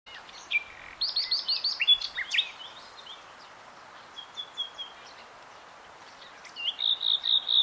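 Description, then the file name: Common nightingale song: a fast rattled series of high notes, a quiet pause with soft whistles, then a loud rapid repeated phrase at the close. "Luscinia megarhynchos"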